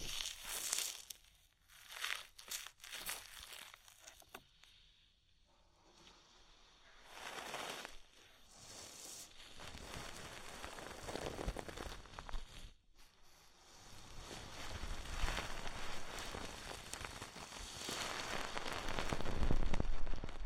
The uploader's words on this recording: ASMR Oil, Foam and Tingly Ear Massage for Stress Relief (No Talking).